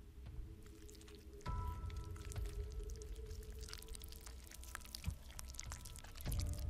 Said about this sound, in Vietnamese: từ phía sau tảng đá vọng lại tiếng rồm rộp rồm rộp, rồi tiếng nhai chóp chép như nhai đồ ăn vậy.